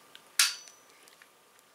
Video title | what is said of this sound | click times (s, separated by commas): LEEIOO Telescopic Dash Windshield Cell Phone Holder | you don't hear that big click because the arms barely move but they move enough that they you know connect | 0.4 s